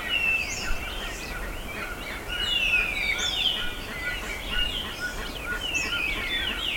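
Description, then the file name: Many birds calling at once, dense high chirping and slurred trills swelling and easing slightly over a faint hiss. "SABIOD 50 bird 2015"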